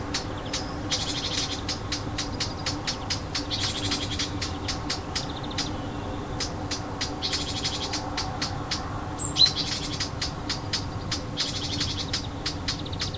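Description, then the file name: Warbler sounding repeated dry clicking alarm notes, fairly even, with buzzy high bursts and a single sharp chirp over a soft background hiss. Alarm calls, 25 June 2014, on an MZ-N710 MiniDisc recorder. "Fauvette cri d alarme 25 06 14"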